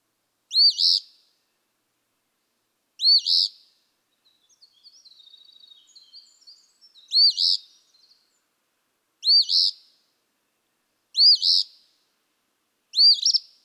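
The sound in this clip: Eastern phoebe repeating six hoarse fee-bee songs at irregular intervals, with a soft, rambling twitter in the longer middle gap.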